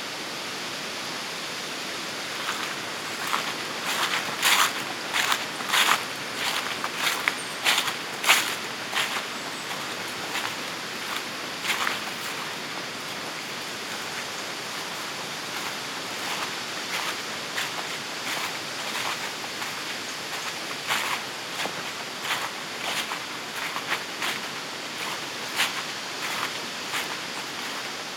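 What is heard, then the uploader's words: A steady, even wash of flowing creek water runs throughout, with a faint high hiss above it. Crisp, sharp crackles of leaves come in irregular bursts, busiest in the first ten seconds and again in the last eight, with quieter stretches between. Lively Day by a Cabin in the Woods (Manistee Airbnb). Hike through the crisp sounds of leaves, crickets, passing cars, and a calm creek in these 20 acres hidden away in the woods of Manistee.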